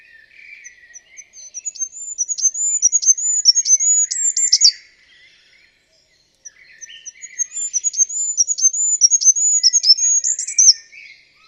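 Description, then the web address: A bird sings two long bouts of rapid, high, sharp notes, each building in loudness over about four seconds, with softer lower warbling in the background. "birddata Deverinetal 2025"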